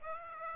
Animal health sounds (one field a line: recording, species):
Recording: mosquito wingbeat signal from an infrared sensor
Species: Aedes aegypti